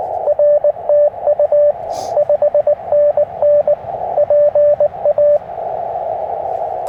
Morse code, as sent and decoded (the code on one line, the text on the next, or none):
.-. - ..- / ..... -. -. / .--. .-
RTU 5NN PA